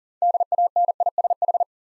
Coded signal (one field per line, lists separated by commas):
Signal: Morse code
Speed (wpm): 42 wpm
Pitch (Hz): 700 Hz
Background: none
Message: DANISH